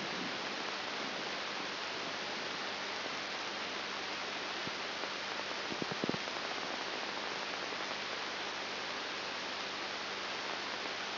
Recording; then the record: brain microelectrode recording played as sound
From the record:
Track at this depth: inside the subthalamic nucleus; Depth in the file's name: 5.901 mm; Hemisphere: left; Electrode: 3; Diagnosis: Parkinson's disease